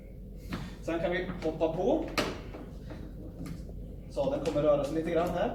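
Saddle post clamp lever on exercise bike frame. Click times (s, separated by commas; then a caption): 0.5 s. On an indoor exercise bike, the saddle post clamp lever is pressed down to lock the saddle post at its set height, and a thump is heard at 0.5 s as the saddle quick-release lever locks. Someone talks throughout the clip.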